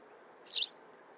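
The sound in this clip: White wagtail giving one brisk double-noted high call, the two syllables run closely together, with a soft steady hum underneath.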